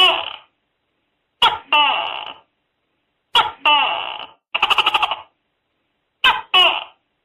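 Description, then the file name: Tokay gecko two-note calls, a sharp clipped note then a longer nasal downslurred note, plus one rapid pulsed rattling call, with silent gaps between. Calling inside a house at night. "tieng tac ke keu trong nha tac ke keu trong dem"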